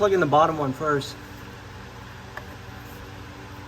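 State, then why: Seated. Someone talks briefly, then the lower of two oiled hose quick-connectors is pushed onto its fitting on the engine. A single short, sharp click at 2.4 seconds confirms it has seated. A steady low hum continues underneath.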